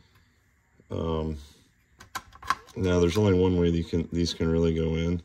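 A memory module is handled at a motherboard slot while someone talks, with a few short sharp ticks and handling taps around 2.0 to 2.5 seconds. The clip ends before the module goes home, so nothing has seated or clicked yet.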